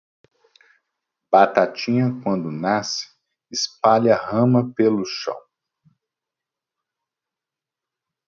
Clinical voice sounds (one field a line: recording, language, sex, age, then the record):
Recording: short text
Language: Brazilian Portuguese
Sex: male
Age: 40 to 49 years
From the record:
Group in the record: control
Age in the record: 42 years